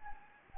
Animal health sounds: mosquito wingbeat signal from an infrared sensor; Anopheles gambiae

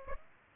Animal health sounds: mosquito wingbeat signal from an infrared sensor; Aedes aegypti

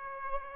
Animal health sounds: mosquito wingbeat signal from an infrared sensor; Aedes albopictus

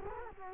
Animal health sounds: mosquito wingbeat signal from an infrared sensor; Culex quinquefasciatus

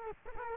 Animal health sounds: mosquito wingbeat signal from an infrared sensor; Culex quinquefasciatus

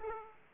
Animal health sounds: mosquito wingbeat signal from an infrared sensor; Aedes aegypti

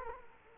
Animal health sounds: mosquito wingbeat signal from an infrared sensor; Culex quinquefasciatus

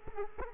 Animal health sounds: mosquito wingbeat signal from an infrared sensor; Culex quinquefasciatus

